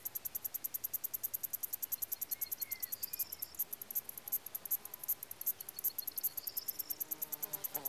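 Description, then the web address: Crickets chirp in high, rapid pulses repeated steadily throughout. Recorded in Lassi, Greece. "BBC Sound Effects Library. Greece. Crickets And Other Insects"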